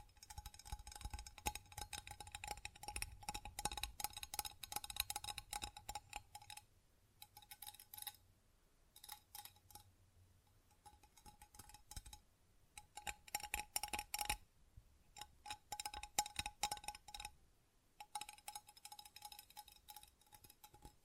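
Tapping and scratching on textured surfaces comes in dense, crackly bursts of quick clicks and rasps, with brief pauses near 7, 9, 12, 14 and 17 seconds. A thin, steady ringing tone runs under most of the activity, and soft low thumps appear early on.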